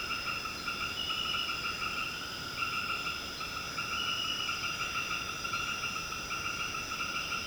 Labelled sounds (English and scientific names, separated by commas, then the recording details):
none
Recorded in secondary vegetation near Puerto Asís, Putumayo, Colombia, on 18 February 2024 at 20:30
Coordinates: 0.472, -76.331
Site G6371